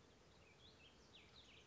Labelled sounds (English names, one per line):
Warbling Vireo